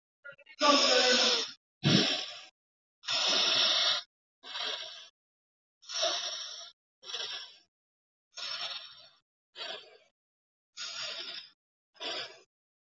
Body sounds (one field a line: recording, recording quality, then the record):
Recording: deep breathing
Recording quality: excellent, no background noise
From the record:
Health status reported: healthy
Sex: male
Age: 33 years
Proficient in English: yes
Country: India